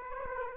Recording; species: mosquito wingbeat signal from an infrared sensor; Aedes aegypti